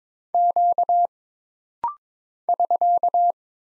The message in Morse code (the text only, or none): Q <SK>